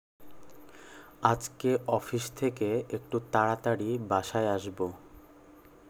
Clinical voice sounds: elicited speech; Bengali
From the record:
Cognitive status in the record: cognitively healthy

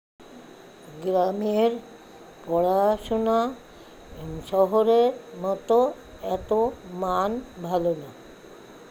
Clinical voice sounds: elicited speech; Bengali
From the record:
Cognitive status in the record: dementia

